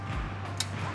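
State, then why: Seated. The ball holder arm of an AcuSpike Team Trainer volleyball spike training stand is raised two notches on its height adjustment. Over a steady low background, one sharp click at 0.6 s marks the detent catching, and the arm seats in position at the new height.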